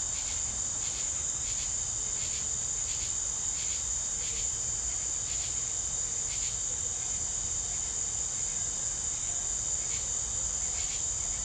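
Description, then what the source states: Crickets chirping in short pulsed bursts over a steady high-pitched insect drone. Southern summer evening ambience with crickets.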